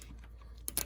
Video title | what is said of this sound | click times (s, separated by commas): External Transmission Cooler Toyota 4 Runner. Complete Install! | and you'll hear it click. | 0.7 s, 0.8 s